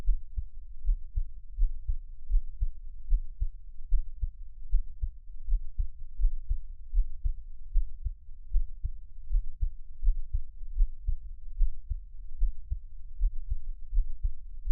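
An adult's heartbeat heard close up, with frequent skipped beats giving an irregular rhythm.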